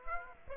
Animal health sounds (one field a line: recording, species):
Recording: mosquito wingbeat signal from an infrared sensor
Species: Aedes aegypti